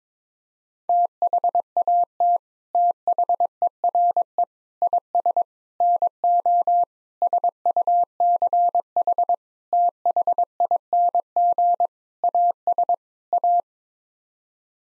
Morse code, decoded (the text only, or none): THAT THERE IS NO SUCH THING AS A